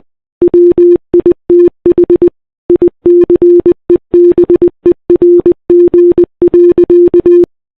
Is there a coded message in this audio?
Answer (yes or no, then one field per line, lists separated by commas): yes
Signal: Morse code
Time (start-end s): 0.4-7.4 s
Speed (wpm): 20 wpm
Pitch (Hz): 350 Hz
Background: none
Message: WITH ICEBERG.